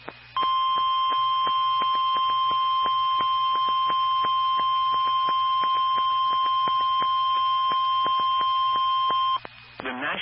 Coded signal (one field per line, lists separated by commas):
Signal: Emergency Alert System (SAME) tones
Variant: 1050 Hz attention tone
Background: speech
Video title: Severe Thunderstorm Warning (EAS #773)